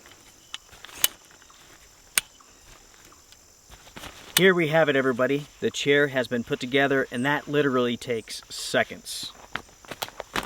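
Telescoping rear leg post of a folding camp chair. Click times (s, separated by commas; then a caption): 1.0 s, 2.2 s. The telescoping rear leg post of an instant folding camp chair is extended through two lock positions, giving two sharp clicks at 1.0 s and 2.2 s as it locks twice and is seated. A few faint taps follow, then someone talks while a steady high-pitched hiss runs underneath.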